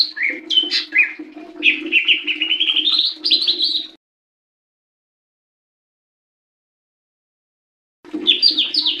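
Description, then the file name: Leafbird delivering a four-second phrase of jumbled chirps and a long rising sweep, then silence before the song starts again. "cucak hijau mini. omkicau"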